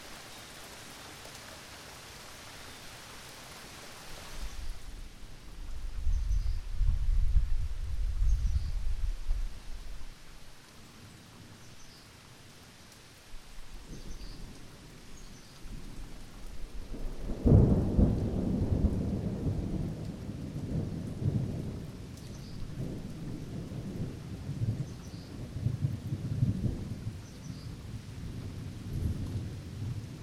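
Gentle rain falls steadily through a mild storm while thunder rumbles low, first swelling around five to ten seconds and then rolling in heavier from about seventeen seconds to the end. A brief hiss of wind opens the first few seconds.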